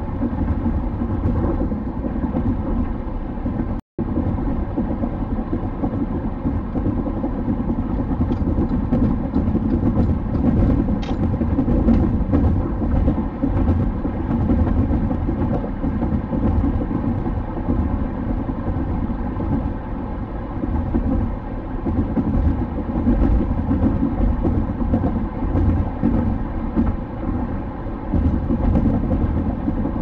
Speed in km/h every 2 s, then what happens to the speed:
106, 106, 106, 106, 106, 106, 106, 106, 107, 107, 107, 107, 107, 107, 106.
0-30 steady at about 106.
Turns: none.